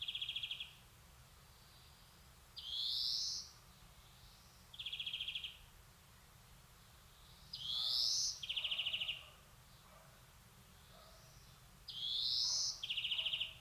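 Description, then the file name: European greenfinch singing, alternating rapid buzzy trills with rising wheezy notes, each phrase about a second long with pauses between. "Chloris chloris"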